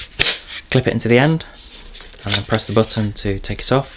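A plastic crevice tool is clipped into the end of a Roidmi S1S cordless vacuum cleaner used as a handheld, with a sharp click at 0.2 s as it seats. Someone talks throughout.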